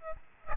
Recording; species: mosquito wingbeat signal from an infrared sensor; Aedes albopictus